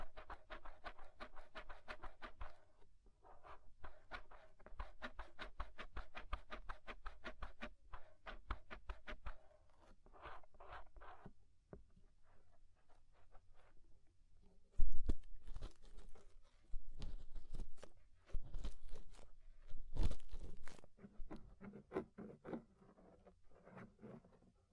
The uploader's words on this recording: Inner and Outer Ear Scraping (No Talking).